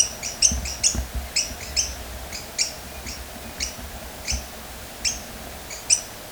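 Bird calls, high clipped chirps repeated in loose bursts, some doubled, spacing widening toward the end, over soft low rumble.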